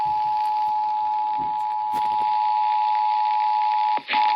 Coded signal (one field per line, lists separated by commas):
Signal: Emergency Alert System (SAME) tones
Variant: 853 and 960 Hz attention tone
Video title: GOODBYE 2018... EAS Alerts from 12/4/18 - 12/26/18 (EAS #1,942 - 1,963)